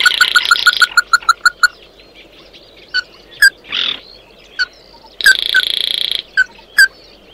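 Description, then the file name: Bird calls: a quick run of sharp notes opens, followed by sparse single notes, a short rasp and one long buzzy burst. "Tieng chim mat do"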